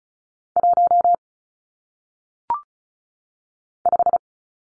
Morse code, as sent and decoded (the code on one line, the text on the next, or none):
.---- / .....
1 5